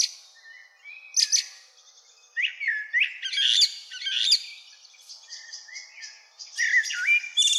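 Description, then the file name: Common blackbird delivering warbled, looping whistles and sharp high squeaks in several phrases separated by brief pauses. "Turdus merula"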